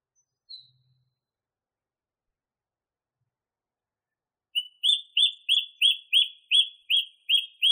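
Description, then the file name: Song thrush song: a brief note, a long silence, then a fast steady series of about ten identical rising whistled notes. Masteran recording used for training songbirds. "suara masteran songthrush"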